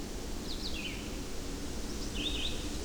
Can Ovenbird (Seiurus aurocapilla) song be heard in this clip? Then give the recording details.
no. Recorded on 25 June 2016 at 07:42. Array SBT-6-76